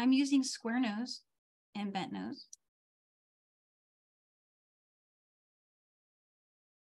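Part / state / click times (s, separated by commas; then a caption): metal jump ring closed onto a chain link of a bracelet / not seated / none. Someone talks briefly while handling a gold-plated metal jump ring with square-nose and bent-nose pliers, about to close it onto a chain link of a bracelet, and the clip then falls silent from about 2.6 s. The ring is worked backwards and forwards so spring pressure will lock its seam, but nothing has clicked shut yet.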